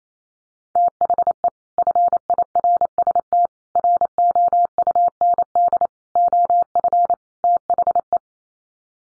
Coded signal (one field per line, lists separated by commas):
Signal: Morse code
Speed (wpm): 28 wpm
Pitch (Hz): 700 Hz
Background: none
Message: THE FIRST ROUND OF THE